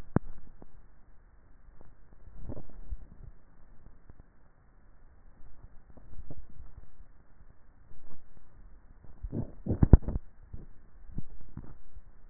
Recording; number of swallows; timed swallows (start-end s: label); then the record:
swallowing sounds by neck microphone; 3
2.25-3.05 s: swallow
6.08-6.65 s: swallow
11.18-11.78 s: swallow
From the record:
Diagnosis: dysphagia